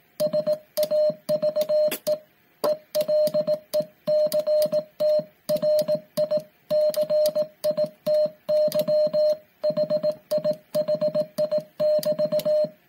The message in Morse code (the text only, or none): SAVE ELECTRICITY HIHI <BT>